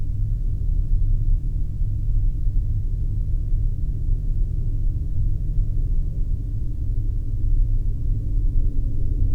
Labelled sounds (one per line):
machinery
flare stack